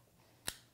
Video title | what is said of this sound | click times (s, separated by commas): Setting Up the TLC-2000 | no force is necessary when you're plugging these in just you'll hear an audible click when it is securely fastened | 0.5 s